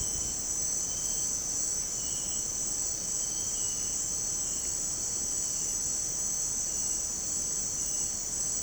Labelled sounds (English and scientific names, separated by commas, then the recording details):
none
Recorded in dense forest near Puerto Asís, Putumayo, Colombia, on 24 March 2025 at 17:30
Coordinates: 0.500, -76.322
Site GP06